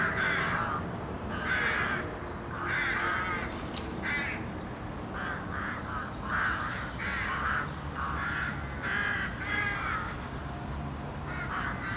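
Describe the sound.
Crows cawing, harsh raspy caws repeated from several birds, over a constant low rumbling background noise.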